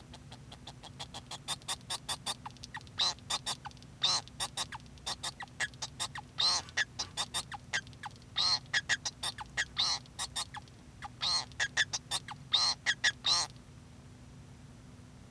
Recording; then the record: song of a male Bengalese finch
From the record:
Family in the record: son of father 2